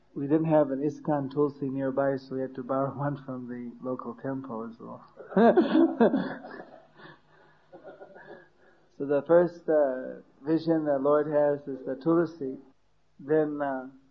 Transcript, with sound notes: We didn’t have an ISCKON tulasi nearby, so we had to borrow one from the local temple. (laughter) So the first vision the Lord has is the tulasi, then uh,